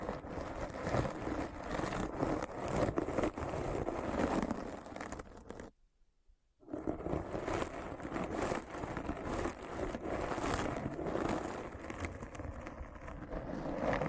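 Deep brain scratch: a dense, grinding, scratchy rumble full of rapid crackles, cutting to dead silence briefly near six seconds before resuming.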